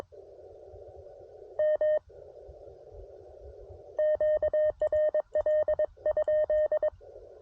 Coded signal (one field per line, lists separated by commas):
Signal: Morse code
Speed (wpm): 22 wpm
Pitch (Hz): 610 Hz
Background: none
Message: M QRL ?